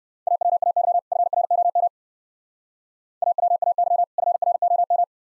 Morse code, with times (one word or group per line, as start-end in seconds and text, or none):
0.3-1.0 AWAY
1.1-1.9 FROM
3.2-4.0 AWAY
4.2-5.0 FROM